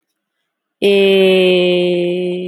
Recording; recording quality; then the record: sustained vowel as in made; excellent, no background noise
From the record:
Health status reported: exposed to COVID-19, no respiratory illness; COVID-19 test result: not tested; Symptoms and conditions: none ticked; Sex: female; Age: 20 years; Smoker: not ticked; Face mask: not worn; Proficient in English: yes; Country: India